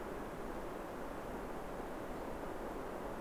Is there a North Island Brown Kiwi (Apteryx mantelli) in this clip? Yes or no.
no